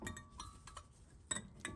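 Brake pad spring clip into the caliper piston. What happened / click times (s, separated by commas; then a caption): The metal spring clip snapped into place / 1.3 s. On a Seat Arona, the large steel spring clip of a new inner brake pad is pressed by hand into the hollow of the caliper piston, which can be hard to push. Light metallic clinks are heard, and a sharp snap at 1.3 s marks the clip seating in the piston, with another short clink following near 1.7 s.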